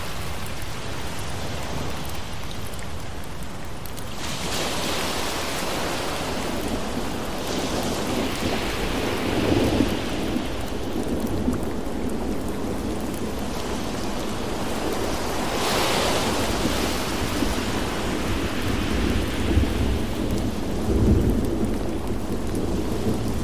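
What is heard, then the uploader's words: Steady, dense rain hisses throughout, with a low rumbling undertone beneath it. Brighter washes swell up around 4–5 seconds and again near 16 seconds, like waves surging in, and a few heavier low thuds land near 10 and 21 seconds. Thunderstorm Rain Sounds With Ocean Waves.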